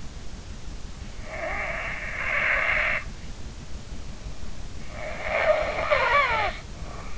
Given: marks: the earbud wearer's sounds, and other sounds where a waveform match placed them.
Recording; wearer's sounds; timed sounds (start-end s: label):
sounds in sleep by an in-ear microphone; snoring breath
1.16-3.18 s: snoring breath
4.84-7.18 s: snoring breath